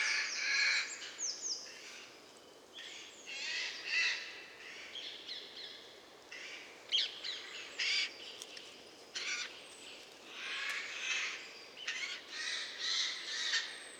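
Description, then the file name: Eurasian jay giving harsh, rasping screeches in irregular bursts with short quiet gaps between them. "Garrulus glandarius"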